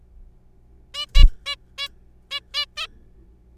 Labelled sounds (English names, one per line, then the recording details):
Zebra Finch
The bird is a juvenile
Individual R3428